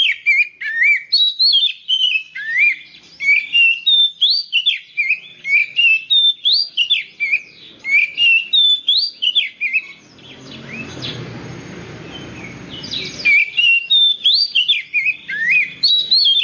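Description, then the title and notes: Oriental magpie-robin pouring out a fast stream of varied whistles and chirps, interrupted midway by about three seconds of rushing noise before the song resumes. "suara kacer. kumpulan suara burung kacer"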